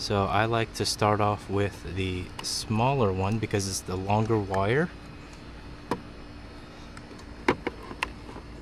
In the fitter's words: Make sure you hear the click.